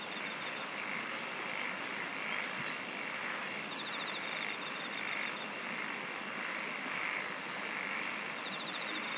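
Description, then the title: Chorus of insects, with very high buzzy bursts recurring about every one and a half seconds and short pulsed trills amid steady hiss. "SINGING OF INSECTS"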